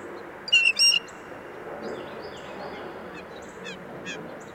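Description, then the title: Blue Jay scolding, a single loud harsh double burst near the start, then faint calls and a steady low hum of traffic. At least two Blue Jays mobbing an immature Red-shouldered Hawk in west Dyke Marsh, scolding and hissing; about 9AM, 10 January 2016; Fostex FR-2, Sennheiser ME 62, Telinga parabola. "Agitated Blue Jays mobbing hawk"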